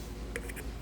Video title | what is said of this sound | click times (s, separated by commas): Toyota Avalon Valve Cover Gasket Replacement Procedure 2005-2012 #camry #lexuses350 #valvecover | So you kind of like click them, lock them in, | 0.4 s